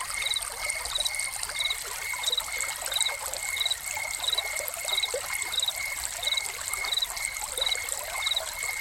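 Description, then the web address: Cricket giving quick, evenly spaced high chirps, accompanied by a thin steady tone and the constant trickle of running water. Crickets recorded together with a fountain. "Soundscapes Crickets and Fountain"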